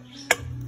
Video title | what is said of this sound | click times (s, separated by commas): Honda Transalp XL650V Buji Değişimi | Şu şekilde tam olarak yerine oturdu. | 0.3 s